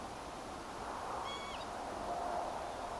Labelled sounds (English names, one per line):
Northern Lapwing